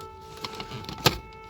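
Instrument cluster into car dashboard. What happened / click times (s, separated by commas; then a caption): The plastic panel snapped into its opening / 1.1 s. A repaired instrument cluster from a Volkswagen Touran, fixed for non-working backlighting by replacing all its LEDs, is guided into its dashboard opening and pushed in. Light plastic knocks at about 0.4, 0.6 and 0.9 s lead up to one sharp, loud click at 1.1 s as the cluster snaps into the dashboard. It is then seated.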